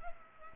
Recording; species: mosquito wingbeat signal from an infrared sensor; Culex pipiens